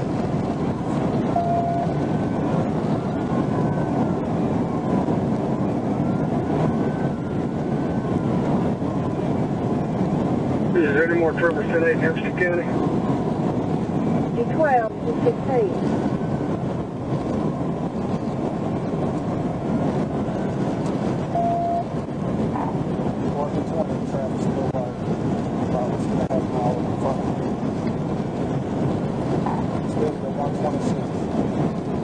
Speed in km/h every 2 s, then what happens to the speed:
175, 180, 184, 185, 184, 185, 190, 193, 198, 200, 203, 203, 203, 203, 203, 204.
0-32 speeds up to 204.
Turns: none.